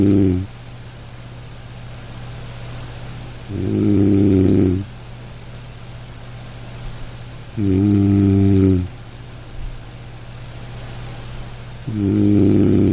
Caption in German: Sanfte Schlummerklänge: Entspannung mit dem Klang des Schnarchens. Lass dich von den sanften und rhythmischen Geräuschen des Schnarchens in einen tiefen und erholsamen Schlaf begleiten. Das monotonale Brummen kann eine beruhigende Wirkung haben und dir dabei helfen, zur Ruhe zu kommen.